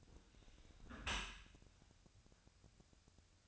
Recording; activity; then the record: daily activity, microphone in the room; close dishwasher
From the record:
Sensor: 2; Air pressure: 1006.6 hPa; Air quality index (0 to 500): 202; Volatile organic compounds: 14 ppm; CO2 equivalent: 2473 ppm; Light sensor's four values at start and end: 9/22/9/9 and 9/22/9/9